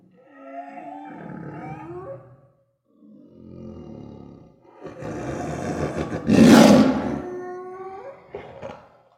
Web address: big cats|tigers